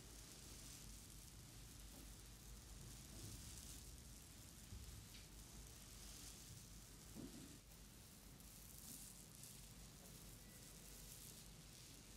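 A head, neck and back massage gives a steady, dense hiss of rubbing that barely changes over the twelve seconds, with a soft low rumble underneath. A few faint taps and slightly stronger strokes come through, around five seconds and again near seven.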